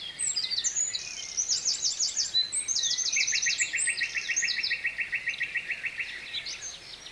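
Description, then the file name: Nightingale singing almost without pause: high rattling bursts, fast repeated buzzy notes and a long lower trill, set against a continuous hiss. Nightingale singing at night with a distant stream, at Kovachevitsa, Bulgaria. "Noshten slavej i dalechen potok (s Kovachevica)"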